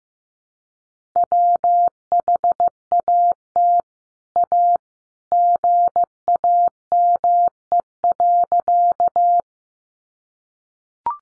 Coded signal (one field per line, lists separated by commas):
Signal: Morse code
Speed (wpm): 15 wpm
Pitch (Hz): 700 Hz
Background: none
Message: WHAT A GAME.